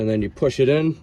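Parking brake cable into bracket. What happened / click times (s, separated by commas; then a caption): Handled, not yet home: no seating click / none. A parking brake cable on the rear driver's side of a Chevy Equinox is being handled, its bent end about to be pushed into the bracket while someone talks. Nothing has seated or clicked yet.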